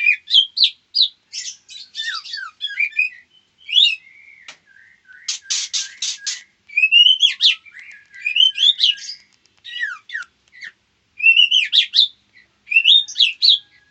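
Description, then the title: Long sequence of white-rumped shama calls: sharp downslurred and upslurred whistles, chattering notes and a brief cluster of harsh buzzy bursts. Female. "Murai batu betina"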